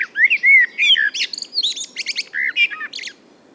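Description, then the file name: Common blackbird singing a rich, mellow warbled phrase that breaks into a rapid, high-pitched squeaky twitter at its end. "Turdus merula"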